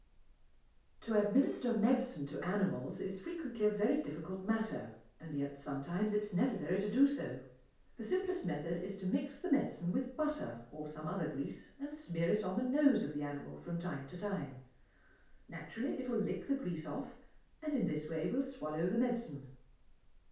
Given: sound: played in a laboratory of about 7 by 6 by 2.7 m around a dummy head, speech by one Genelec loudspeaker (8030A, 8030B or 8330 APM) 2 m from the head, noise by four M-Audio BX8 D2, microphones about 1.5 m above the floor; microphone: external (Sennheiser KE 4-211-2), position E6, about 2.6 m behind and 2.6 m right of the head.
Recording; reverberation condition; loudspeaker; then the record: female speech in English; medium; 60 degrees to the right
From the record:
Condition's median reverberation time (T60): about 510 ms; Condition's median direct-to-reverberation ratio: about -0.5 dB